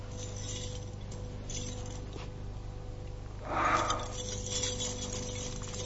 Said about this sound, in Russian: Бросила ключи. Хочет показать, что она уж не хозяйка тут.